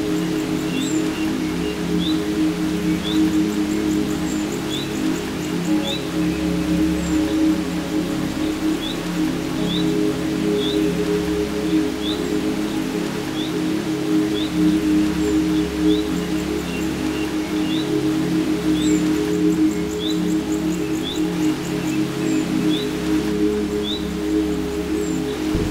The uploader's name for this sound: Ambient Music Rainforest Sounds Birds